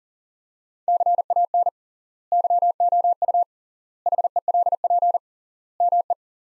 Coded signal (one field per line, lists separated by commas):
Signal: Morse code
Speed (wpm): 40 wpm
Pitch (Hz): 700 Hz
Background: none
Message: CAN YOU HELP ME